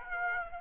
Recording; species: mosquito wingbeat signal from an infrared sensor; Aedes aegypti